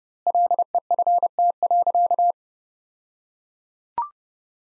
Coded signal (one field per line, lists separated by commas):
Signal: Morse code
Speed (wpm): 32 wpm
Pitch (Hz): 700 Hz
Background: none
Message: LEFT.